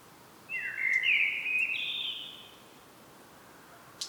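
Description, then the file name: Common blackbird singing one fluty, warbled phrase of about two seconds, mid-pitched whistles sliding upward and ending in a thin, higher flourish, then quiet background. "Turdus merula"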